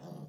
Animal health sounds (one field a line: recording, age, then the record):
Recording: pig call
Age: piglet (1 to 25 days)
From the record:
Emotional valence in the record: negative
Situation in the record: short isolation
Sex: female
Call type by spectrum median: low-frequency call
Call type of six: low-frequency modulated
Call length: 0.29 s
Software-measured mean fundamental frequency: 77 Hz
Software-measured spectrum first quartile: 168 Hz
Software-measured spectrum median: 290 Hz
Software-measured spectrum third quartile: 698 Hz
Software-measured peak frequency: 167 Hz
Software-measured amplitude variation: 206 dB a second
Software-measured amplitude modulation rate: 22.6 a second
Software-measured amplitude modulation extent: 9.1 dB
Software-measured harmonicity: 3.2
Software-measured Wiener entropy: -0.18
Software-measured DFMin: 1040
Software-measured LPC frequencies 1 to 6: 3145, 3548, 4684, 5426, 5980, 6954 Hz